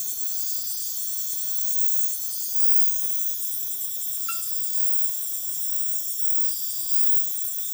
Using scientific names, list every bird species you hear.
none